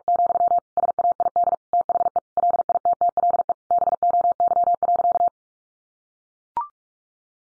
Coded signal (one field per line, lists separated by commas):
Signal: Morse code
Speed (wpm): 44 wpm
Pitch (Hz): 700 Hz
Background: none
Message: , SAID THE LITTLE BOY.